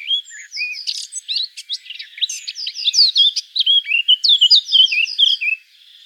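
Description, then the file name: Eurasian blackcap pouring out a lively, jumbled warble of whistled and chirping notes that grows louder, then a short series of repeated slurred notes. "Sylvia atricapilla"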